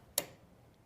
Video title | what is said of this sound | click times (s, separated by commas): Know How Sewing & Grace Company Digital Event - Day 1 | Hear that? If it did not snap, take it back out and reinsert it | 0.2 s